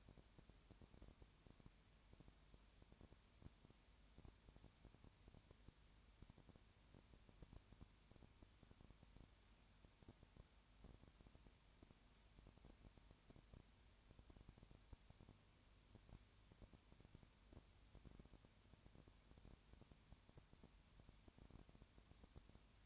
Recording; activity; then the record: daily activity, microphone in the room; no activity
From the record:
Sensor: 2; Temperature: 20.4 degrees Celsius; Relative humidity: 35.5%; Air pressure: 1007.1 hPa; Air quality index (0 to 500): 122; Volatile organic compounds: 2 ppm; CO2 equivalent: 1249 ppm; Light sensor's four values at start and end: 2/3/2/2 and 2/3/2/2